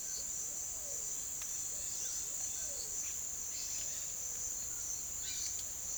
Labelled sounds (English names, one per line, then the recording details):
Pale-vented Pigeon
White-throated Toucan
Dusky-headed Parakeet
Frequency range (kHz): White-throated Toucan 1.1-1.8 kHz; Dusky-headed Parakeet 1.4-5.6 kHz
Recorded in secondary vegetation near Puerto Asís, Putumayo, Colombia, on 25 June 2025
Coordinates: 0.488, -76.319
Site G094